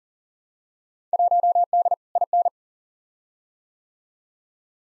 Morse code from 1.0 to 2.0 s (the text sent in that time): 1D